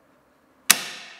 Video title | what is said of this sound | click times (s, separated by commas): Eine MUST HAVE Vorrichtung für die Oberfräse - WoodSpezi | hört klacken sobald eins dieser löcher hier erwischt wurde springt der ball nach unten und er verachtet | 0.7 s